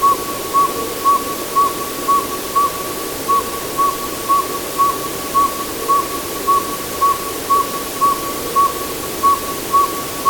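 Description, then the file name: Northern Saw-whet Owl tooting: a long series of short, even, whistled toots on one pitch, about two each second, over a soft steady hiss. "Northern Saw-whet Owl - Aegolius acadicus"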